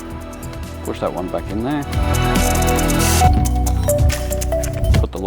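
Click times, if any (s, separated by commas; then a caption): 5.0 s. A plastic locking ring is refitted onto a diesel fuel pre-filter housing and turned until it clicks home at 4.9 s, seating properly after getting tight just before the click. Someone talks over background music, and several smaller clicks and handling sounds come before it.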